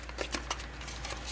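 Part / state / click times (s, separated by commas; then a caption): bottom cover lid onto mini PC case / seated / 0.4 s, 0.5 s. A plastic bottom cover is pressed back onto a mini PC case after the RAM and NVMe drive are installed. Sharp click hits at 0.4 s and 0.5 s, among a few lighter taps over a low steady hum, mark the lid snapping into place.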